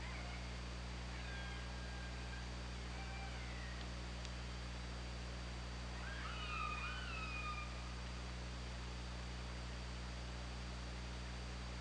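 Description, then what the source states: Orca calls: faint short downslurred tones early, then a bright cluster of wavering, rising and falling harmonic calls midway, over continuous low-frequency hum. Recorded on an OrcaLab hydrophone, 24 August 2017, 22:54.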